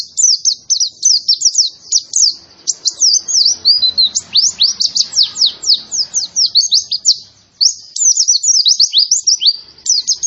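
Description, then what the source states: White-eye pouring out a long, dense chatter of very high, rapid chirps and twittering slurs with almost no breaks. Young bird, described as in full, vigorous song.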